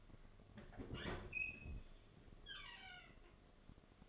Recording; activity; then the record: daily activity, microphone in the room; open fridge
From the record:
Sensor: 4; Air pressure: 1005.5 hPa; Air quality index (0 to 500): 174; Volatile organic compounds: 5 ppm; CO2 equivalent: 1715 ppm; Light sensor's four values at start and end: 6/13/5/4 and 5/11/4/4